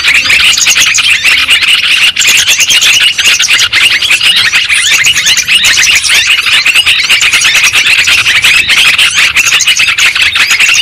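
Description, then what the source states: Lovebirds calling in a dense chorus of sharp, shrill chirps and squeaks, unbroken and evenly loud throughout. Lure sound used for trapping lovebirds.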